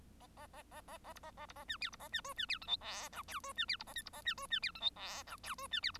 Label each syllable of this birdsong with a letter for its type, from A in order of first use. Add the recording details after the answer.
A A A A A A B A A B A C D B A C E C D F G H I J E C D B A K B A C E C D F G H I J E C D B. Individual Bird1